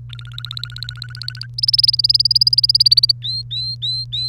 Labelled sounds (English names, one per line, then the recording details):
Domestic Canary song
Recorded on 1 May 2018 at 05:56
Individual llb3